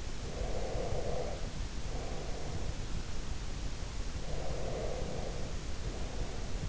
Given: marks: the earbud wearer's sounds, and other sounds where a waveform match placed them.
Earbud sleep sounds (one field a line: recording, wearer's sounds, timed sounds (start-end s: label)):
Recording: sounds in sleep by an in-ear microphone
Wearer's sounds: breath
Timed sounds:
0.33-2.73 s: breath
4.16-6.69 s: breath